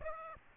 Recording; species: mosquito wingbeat signal from an infrared sensor; Aedes aegypti